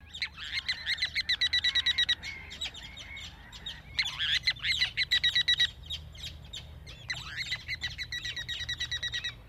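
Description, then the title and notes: Ruddy Turnstone giving rapid chattering rattles of sharp clipped notes in several bursts separated by pauses, with a few looser squeaky calls. "Viikon luontoääni: Karikukko. Pertti Koskimies"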